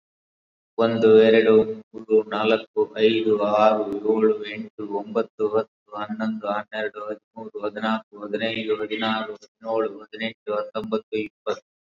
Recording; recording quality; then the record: counting at a normal pace; excellent, no background noise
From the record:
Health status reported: COVID-19 positive, no symptoms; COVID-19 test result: positive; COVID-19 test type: RT-PCR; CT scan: not taken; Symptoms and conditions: another respiratory illness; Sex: male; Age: 45 years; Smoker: yes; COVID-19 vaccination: both doses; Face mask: worn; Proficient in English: no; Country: India